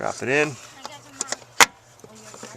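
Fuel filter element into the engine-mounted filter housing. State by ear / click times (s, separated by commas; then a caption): seated / 1.6 s. On a Dodge Diesel 2500, a new diesel fuel filter element fitted with a new O-ring is dropped into the engine-mounted filter housing and pushed down until it seats. Someone talks at the start, a few small ticks sound at 0.9, 1.2 and 1.3 seconds, and a sharp, loud click at 1.6 seconds marks the element seating in the housing.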